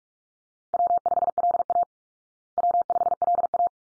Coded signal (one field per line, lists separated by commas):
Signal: Morse code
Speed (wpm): 44 wpm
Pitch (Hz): 700 Hz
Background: none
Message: W5LA W5LA